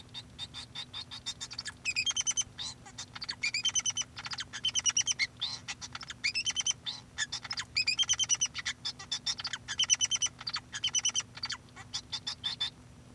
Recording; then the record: song of a male Bengalese finch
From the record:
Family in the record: son of father 2